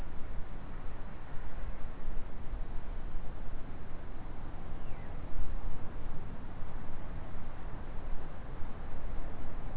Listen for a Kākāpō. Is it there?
no